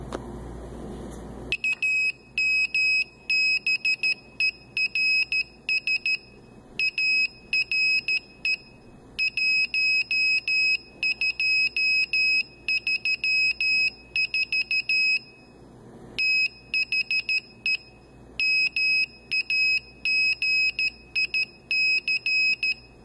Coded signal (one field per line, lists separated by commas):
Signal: Morse code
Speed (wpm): 13 wpm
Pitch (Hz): 2550 Hz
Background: none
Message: AMBERS ARE 1234 THE MAGIC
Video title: Arduino Morse Code Decoder + Encoder